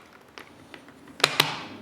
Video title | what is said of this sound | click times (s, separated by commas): How to replace your Jawbone Big Jambox rechargeable battery | those just snap right in | 1.2 s, 1.4 s